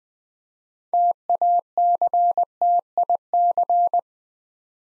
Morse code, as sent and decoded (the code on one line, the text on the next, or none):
- .- -.-. - .. -.-.
TACTIC